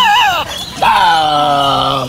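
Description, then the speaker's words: Tasmanian devil greeting: a short descending wail, a pause, then a long harsh moaning growl with a slight rise and fall. Captive animal greeting its keeper, devil style, at a park running an intensive breeding program. "That's the sound of a Tasmanian devil giving a greeting, devil style."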